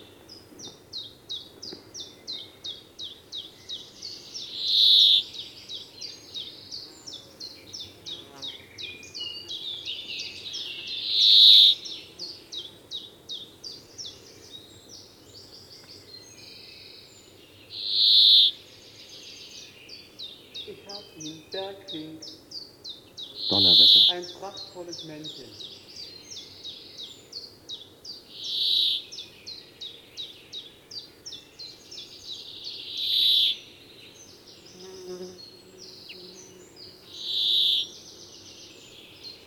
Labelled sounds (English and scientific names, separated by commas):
Brambling (Fringilla montifringilla)